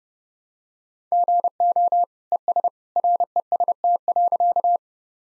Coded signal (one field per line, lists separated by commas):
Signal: Morse code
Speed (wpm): 30 wpm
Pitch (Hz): 700 Hz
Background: none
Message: GO ES REST.